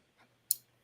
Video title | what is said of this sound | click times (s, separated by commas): RJ's Lives #79- Sheepsfoot, Ramsfoot and Lambsfoot Blades | yeah it's really good got great snap with it | 0.5 s